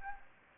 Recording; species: mosquito wingbeat signal from an infrared sensor; Anopheles gambiae